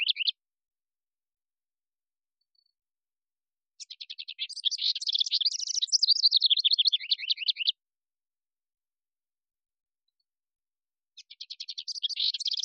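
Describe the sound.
House wren singing: the end of one song, a silent pause, then a fast, jumbled song of high chattering trills, another pause, and another song beginning at the end.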